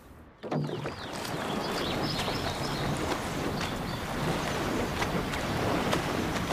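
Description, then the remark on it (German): A crew of young men rows a new boat across the water, oars striking at a good, steady, regular stroke rate over a constant rush of splashing and wind, with faint high chirps above. “Jungs legen sich aber wieder mächtig ins Zeug. Kein Wunder bei dem neuen Boot. Ja, gute Schlagzahl, gute Schlagzahl.”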